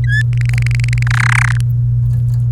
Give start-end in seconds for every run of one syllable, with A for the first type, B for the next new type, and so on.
0.04-0.22 A, 0.33-1.03 B, 1.07-1.57 C